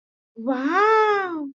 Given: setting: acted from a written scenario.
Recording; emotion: vocal sound without words; adoration